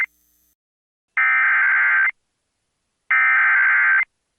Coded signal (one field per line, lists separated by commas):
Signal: Emergency Alert System (SAME) tones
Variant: header bursts